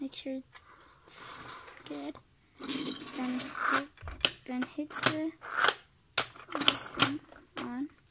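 A plastic part is slid up on a plastic toy car hauler and handled to check it is secure, with short knocks and rattles of handling around 6.2 to 6.7 seconds while someone talks. The part has not clicked into place or seated yet when the clip ends.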